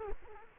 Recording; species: mosquito wingbeat signal from an infrared sensor; Culex quinquefasciatus